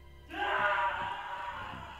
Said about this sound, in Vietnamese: Tiếng của tôi hét lên quá lớn hình như cũng khiến cho đốm sáng trước mặt tôi dừng lại